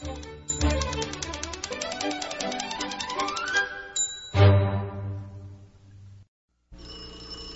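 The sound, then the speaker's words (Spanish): A telephone bell rings in a rapid, continuous trill over bright music for several seconds, then stops and rings out, followed by a short silence before the music resumes. “conteste ese teléfono.”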